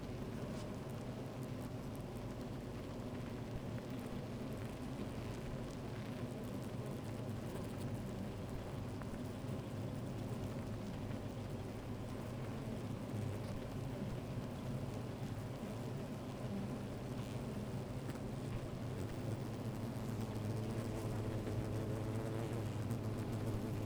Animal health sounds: honeybee colony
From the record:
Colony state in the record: active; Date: 28 July 2017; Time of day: 13:41

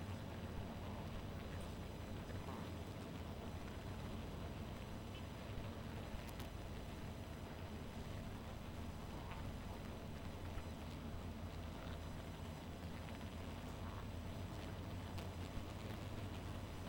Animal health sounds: honeybee colony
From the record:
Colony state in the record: missing queen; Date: 14 July 2017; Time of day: 1:00

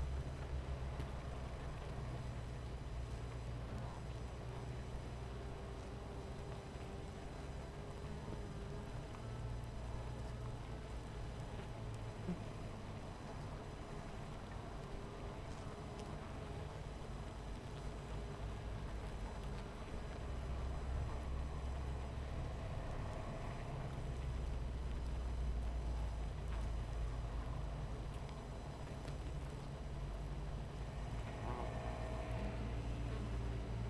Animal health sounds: honeybee colony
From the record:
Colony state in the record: missing queen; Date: 14 July 2017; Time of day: 18:23

